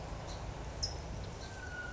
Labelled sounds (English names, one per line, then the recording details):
California Towhee
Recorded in Sonoma County, California